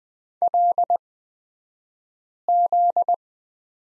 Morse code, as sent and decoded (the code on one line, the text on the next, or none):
.-.. --..
LZ